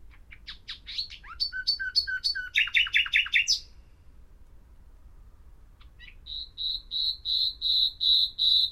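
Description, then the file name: Common nightingale song: a varied phrase of clicks and rattling notes, a pause, then a series of pure whistled notes repeated several times. "Luscinia megarhynchos"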